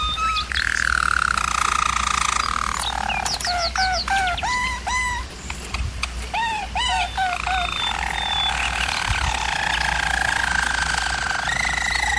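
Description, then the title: German Roller canary song: rolling trills broken by a series of quick looping chirp notes mid-way, then returning to smooth continuous rolls, with a low hum beneath. Canary singing in a training recording. "German Roller Canary Singing - Canary Training Vid"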